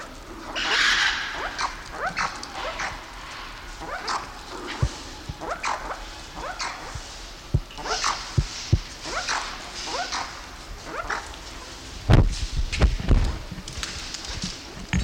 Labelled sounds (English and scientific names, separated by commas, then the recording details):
Banded Mongoose (Mungos mungo)
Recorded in captivity
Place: Zoo Halle, Sachsen-Anhalt, DE
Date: 1993-04-26 17:28
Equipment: Sony WM-D6C, Sennheiser ME 80, Kopie Uher Variocord 263
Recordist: Tembrock, Günter
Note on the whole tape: Laute in Gruppe